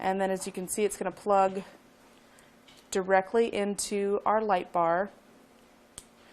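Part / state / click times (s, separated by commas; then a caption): wiring plug into LED light bar housing / seated / 6.0 s. A weather-tight wiring plug with an orange grommet seal is pushed directly into the housing of a Vision X XPL LED off-road light bar while someone talks. After the talking stops, a single sharp click is heard at 6.0 seconds as the plug snaps into place with a secure hold.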